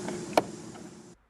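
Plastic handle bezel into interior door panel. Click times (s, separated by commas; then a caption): 0.4 s. A plastic door handle bezel is pressed back onto the interior door panel of a 2009-2018 Dodge Ram truck after a tow mirror install. A single sharp snap at 0.4 s rises above a steady low background hum, which cuts off near 1.1 s. The bezel seats in place.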